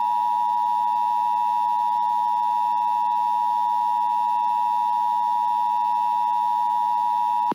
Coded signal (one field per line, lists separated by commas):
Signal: Emergency Alert System (SAME) tones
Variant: 853 and 960 Hz attention tone